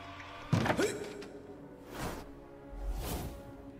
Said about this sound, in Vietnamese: Thì có tiếng ở ngoài gõ cửa.